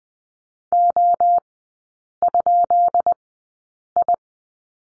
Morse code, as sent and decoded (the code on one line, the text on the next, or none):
--- ..--.. ..
O?I